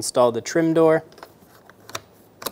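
Someone talks while handling a small plastic trim door being fitted into the door panel of a 2014-2018 Chevrolet Silverado 1500 truck. After the talking, a few faint, sharp ticks are heard in a quiet background. Nothing has seated or clicked into place yet.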